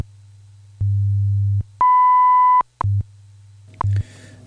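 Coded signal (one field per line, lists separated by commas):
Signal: radio time signal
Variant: WWV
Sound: low hum, then a clear 1 kHz beep lasting under a second, then short ticks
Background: radio static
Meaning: The long 1000 Hz tone marks the top of the minute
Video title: WWV Special Announcement #2 Weather | Signal Phantom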